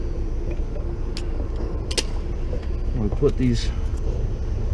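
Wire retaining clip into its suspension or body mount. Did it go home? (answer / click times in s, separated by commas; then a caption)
yes / 1.2 s, 1.9 s. During front suspension work on a Ford Explorer, plastic retaining clips that hold a line, possibly the ABS wire, are pushed back into their mounts, with sharp clicks at 1.2 s and 1.9 s as they seat. Someone talks over a steady low rumble, and the clips end up clicked into place.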